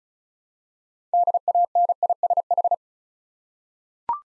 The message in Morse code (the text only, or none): DANISH